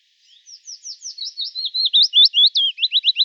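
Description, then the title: Willow warbler giving a soft, wistful song phrase: gentle notes grow louder and slide down the scale, ending in loud, clear looping whistles. "Sylvain Jaskowiak - Mes piafs. Pouillot fitis"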